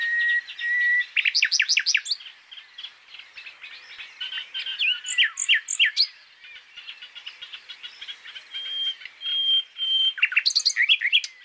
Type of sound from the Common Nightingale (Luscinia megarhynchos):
song